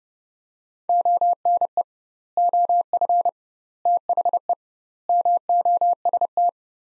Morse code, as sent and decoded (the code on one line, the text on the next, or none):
--- -. . / --- ..-. / - .... . / -- --- ... -
ONE OF THE MOST